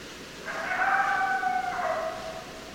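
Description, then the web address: Coyote gives a single wavering howl, rough with harmonics, that breaks near the end, over background hiss. More than one coyote; recorded 10 December 2012. "sounds mammals Coyote 2012 12 10 Coyotes"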